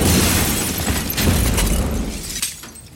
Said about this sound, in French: Quelques minutes plus tard, près de la place de la Nation, comptoir Voltaire, les clients sont projetés par une explosion. L'un des trois terroristes du commando des terrasses vient de se faire exploser.